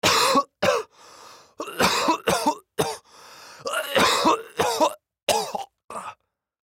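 A 25-year-old man gives an acted sound-effect cough: harsh, forceful bursts in short clusters, about nine in all, with two audible drawn-in breaths between the bouts. It is a staged imitation of a sick, hacking cough.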